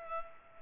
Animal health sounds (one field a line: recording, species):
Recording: mosquito wingbeat signal from an infrared sensor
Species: Culex pipiens